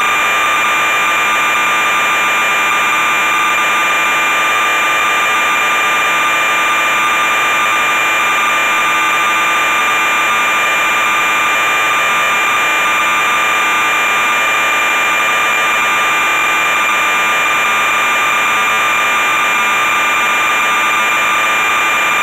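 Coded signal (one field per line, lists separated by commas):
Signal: computer data on cassette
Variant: MSX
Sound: continuous harsh buzzing screech of tape data tones, steady throughout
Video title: MSX VG-8020 - ZAXXON - Cassette Tape Loading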